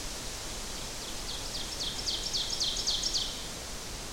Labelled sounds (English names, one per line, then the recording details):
Ovenbird song
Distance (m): 40 m
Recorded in boreal forest in Alberta, Canada, on 14 June 2016 at 08:16
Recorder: SongMeter 3, array SBT-3-33
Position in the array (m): 108 m, 136 m
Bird 21